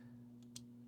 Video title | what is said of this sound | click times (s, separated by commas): EUCOS 62" Phone Tripod Review | kind of Click into place and then you just bring your tripod out | 0.6 s